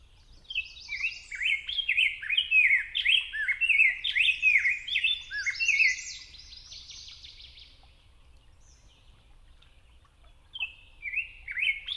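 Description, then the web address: Rose-breasted grosbeak song, a long flowing warble of bright slurred notes that fades away, then a short burst of notes returns near the end. "Know Your Bird Sounds Common Western Species. Rose-breasted Grosbeak"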